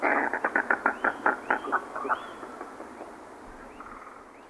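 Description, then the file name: Merganser call: a quick run of about a dozen harsh pulsed notes that weakens and fades over two seconds, with faint thin rising whistles behind it. "Typical mergansers"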